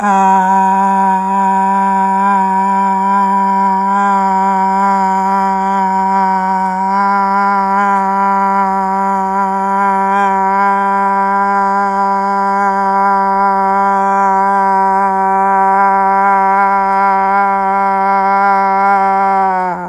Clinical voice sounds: sustained vowel /a/; female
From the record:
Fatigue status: no fatigue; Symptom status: symptomatic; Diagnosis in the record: COVID-19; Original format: m4a

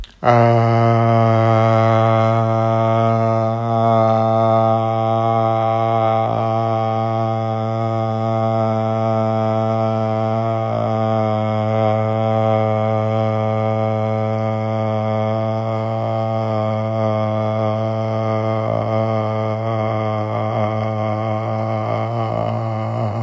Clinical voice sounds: sustained vowel /a/; male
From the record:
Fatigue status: no fatigue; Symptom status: asymptomatic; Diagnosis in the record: COVID-19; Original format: m4a

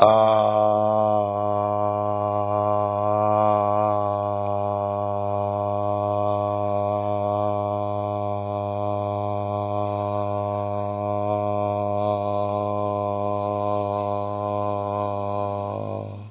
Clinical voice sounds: sustained vowel /a/; male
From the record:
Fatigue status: no fatigue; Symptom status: asymptomatic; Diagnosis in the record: COVID-19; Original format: 3gp

